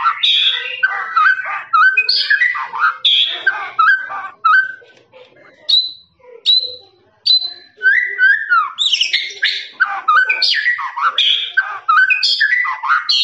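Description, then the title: Lovebird chattering song, busy and harsh, easing into a few sparse high chirps midway before resuming fast squeaky chatter. Lovebird's long ngekek song, used as a master recording for training birds. "FULL DURASI MASTERAN LOVEBIRD NGEKEK PANJANG"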